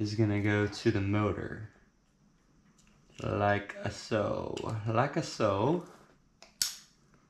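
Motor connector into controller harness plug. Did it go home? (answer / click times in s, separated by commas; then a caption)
yes / 6.6 s. On an MX400 electric mini bike build with a 48V 2000-watt setup, the large motor power connector is plugged into the controller harness plug while someone talks. A sharp snap is heard at 6.6 s, and the connector clicks in and is seated.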